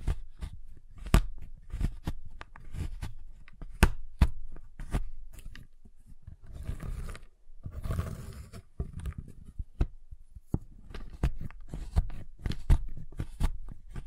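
A giant chocolate bar is tapped, cut and snapped in a dense run of sharp clicks and knocks with a low thud beneath each. Around seven to nine seconds the hits give way to a rougher, scraping crunch before the quick tapping resumes.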